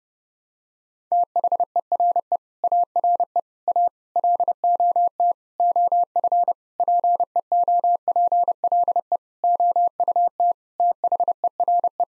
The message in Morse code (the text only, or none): THERE ARE A LOT OF PEOPLE OUT THERE